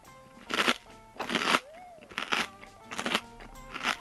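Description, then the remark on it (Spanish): Someone bites into a crunchy orange cookie during a cookie-eating contest, producing about five loud, crackly crunches in an uneven rhythm, each a short dry burst with brief pauses between them. “Cuando los dos le dieron una mordida a una galleta, brillaron los ojos de Lulú y gritó, ¡me encantan!”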